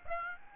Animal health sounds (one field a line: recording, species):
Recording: mosquito wingbeat signal from an infrared sensor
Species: Aedes aegypti